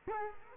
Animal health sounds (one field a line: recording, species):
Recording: mosquito wingbeat signal from an infrared sensor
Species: Culex quinquefasciatus